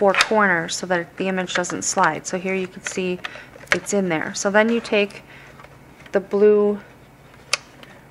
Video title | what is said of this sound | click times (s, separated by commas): Yudu Card Shop | latch and you latch it down to secure it | 7.5 s